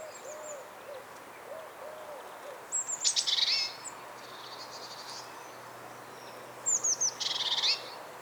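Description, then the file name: Great tit calls: two bursts of thin descending whistled notes running into a dry buzzy rattle, several seconds apart, with faint low arched notes early on. "Parus major"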